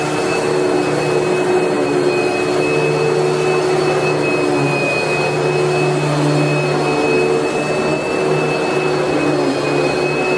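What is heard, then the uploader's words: A vacuum cleaner runs without pause, a dense steady hiss with a constant motor whine held at a few fixed pitches. The drone shifts slightly in its low hum around the middle, but the loudness stays even throughout, indoors. White noise of a vacuum cleaner.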